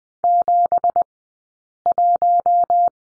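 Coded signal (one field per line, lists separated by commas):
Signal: Morse code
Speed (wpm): 20 wpm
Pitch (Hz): 700 Hz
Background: none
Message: 71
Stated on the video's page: Morse code course lesson on the letter b, two characters, sent at a Farnsworth speed of 20/10 wpm.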